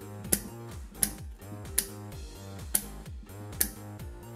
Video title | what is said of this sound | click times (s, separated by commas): [English subs] DIY Button Pins Maker Tutorial | And once again twist until you hear 5 clicks | 0.3 s, 1.0 s, 1.8 s, 2.8 s, 3.6 s